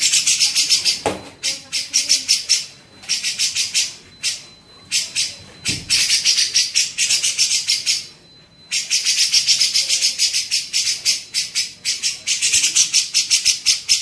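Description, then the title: Grey-cheeked bulbul with long runs of rapid, buzzy high chatter, interrupted by several pauses and a couple of low thumps. Masteran training recording used to tutor songbirds. "MASTERAN CUCAK JENGGOT"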